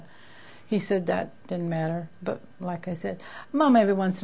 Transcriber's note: none